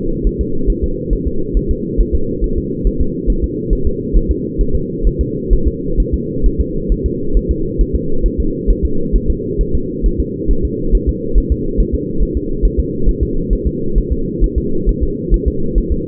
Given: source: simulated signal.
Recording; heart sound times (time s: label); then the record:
fetal heart sounds
0.27 s: S1
0.41 s: S2
0.70 s: S1
0.84 s: S2
1.13 s: S1
1.27 s: S2
1.57 s: S1
1.71 s: S2
2.01 s: S1
2.15 s: S2
2.44 s: S1
2.58 s: S2
2.87 s: S1
3.01 s: S2
3.30 s: S1
3.44 s: S2
3.73 s: S1
3.87 s: S2
4.16 s: S1
4.31 s: S2
4.61 s: S1
4.75 s: S2
5.07 s: S1
5.21 s: S2
5.53 s: S1
5.68 s: S2
6.00 s: S1
6.14 s: S2
6.46 s: S1
6.61 s: S2
6.92 s: S1
7.06 s: S2
7.37 s: S1
7.51 s: S2
7.81 s: S1
7.95 s: S2
8.26 s: S1
8.40 s: S2
8.70 s: S1
8.85 s: S2
9.16 s: S1
9.30 s: S2
9.61 s: S1
9.75 s: S2
10.06 s: S1
10.20 s: S2
10.51 s: S1
10.65 s: S2
10.95 s: S1
11.09 s: S2
11.38 s: S1
11.52 s: S2
11.80 s: S1
11.95 s: S2
12.23 s: S1
12.37 s: S2
12.65 s: S1
12.80 s: S2
13.09 s: S1
13.23 s: S2
13.53 s: S1
13.67 s: S2
13.98 s: S1
14.12 s: S2
14.44 s: S1
14.58 s: S2
14.89 s: S1
15.03 s: S2
15.34 s: S1
15.48 s: S2
15.78 s: S1
15.92 s: S2
From the record:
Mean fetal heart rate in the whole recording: 135 bpm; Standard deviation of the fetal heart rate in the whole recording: 3 bpm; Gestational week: 36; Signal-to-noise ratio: -8.1 dB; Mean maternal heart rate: 72 bpm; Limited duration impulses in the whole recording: absent